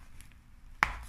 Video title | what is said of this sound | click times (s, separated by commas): How to make eyelet curtains | it pushes in did you hear that snap | 0.8 s